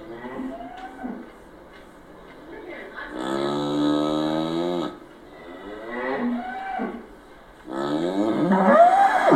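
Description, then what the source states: Cows mooing: several long harmonic moos, some rising and falling, separated by quieter gaps. Cows in a stable.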